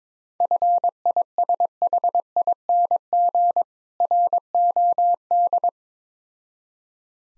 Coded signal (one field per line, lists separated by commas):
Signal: Morse code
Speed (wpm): 22 wpm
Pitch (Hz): 700 Hz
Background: none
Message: FISHING ROD